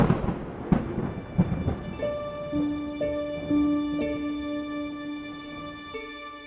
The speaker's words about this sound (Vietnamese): Mặc kệ tiếng sấm đì đùng vẫn thỉnh thoảng vang lên trên không trung.